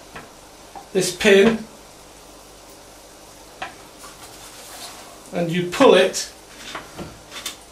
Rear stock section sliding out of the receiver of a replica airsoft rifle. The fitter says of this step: as far as it will go and it locks in place